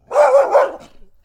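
Dog barking once, a loud rough bark with a doubled peak lasting under a second, then a fading tail.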